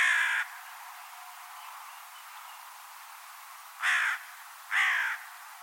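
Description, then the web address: Bird sounding a raspy caw, then after a long gap two more harsh caws in quick succession. Bird only, 2025 bird data. "Deverinetal 2025 File origin Bird Only"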